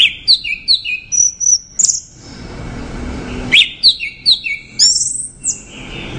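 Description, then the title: Orange-headed thrush song: high, varied whistled notes and short slurred chirps in quick bursts, with a brief quiet gap midway, then a second run of sharp rising and falling phrases. "Anis Merah"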